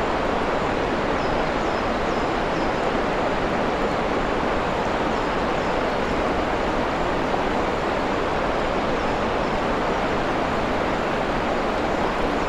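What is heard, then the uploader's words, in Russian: A waterfall roars steadily, a dense, unbroken rush of water that fills the lows through the highs without letting up. Faint high chirps come through the roar in the first few seconds. Водопад на лесной поляне. Уединенной лесной поляны в Среднем Уэльсе, где мелодичный водопад. Далекое щебетание птиц дополняет эту природную симфонию.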